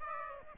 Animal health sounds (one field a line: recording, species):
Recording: mosquito wingbeat signal from an infrared sensor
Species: Aedes aegypti